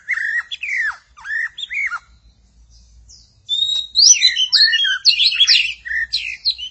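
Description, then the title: Magpie-robin or shama song, with sweet slurred whistles at first, a brief pause, then a dense, rich stream of varied warbling and whistled phrases. "Suara Burung Murai"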